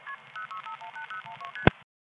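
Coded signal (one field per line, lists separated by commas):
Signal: multi-frequency trunk signalling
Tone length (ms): 110 ms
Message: KP06518012ST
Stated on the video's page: Long-distance calls placed from the Florida, New York step-by-step exchange in the 914 area.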